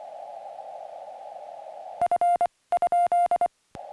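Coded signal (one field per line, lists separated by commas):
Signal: Morse code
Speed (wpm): 24 wpm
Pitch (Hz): 700 Hz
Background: music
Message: F ?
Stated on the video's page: Morse from a Summits on the Air activation, on 2-meter CW with the PackTenna TrekMount antenna and on HF bands.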